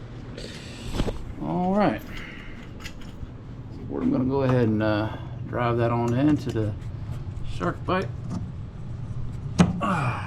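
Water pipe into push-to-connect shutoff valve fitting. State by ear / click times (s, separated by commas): seated / 9.6 s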